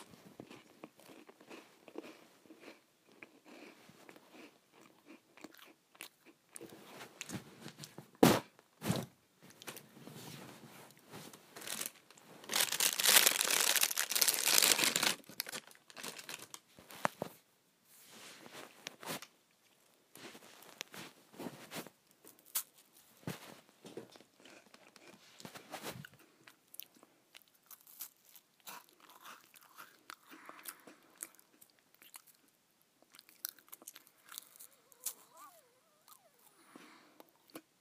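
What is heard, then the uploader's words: Someone eats saltines, with sharp crunchy bites and irregular chewing throughout, plus a loud dense crinkling burst around thirteen to fifteen seconds. ASMR Eating Saltines.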